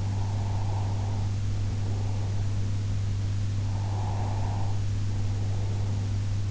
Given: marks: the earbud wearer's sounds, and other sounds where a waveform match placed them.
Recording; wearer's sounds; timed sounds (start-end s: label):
sounds in sleep by an in-ear microphone; breath
0.17-2.75 s: breath
3.78-6.26 s: breath